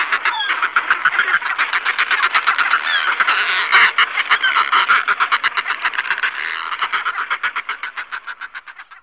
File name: buřňák lední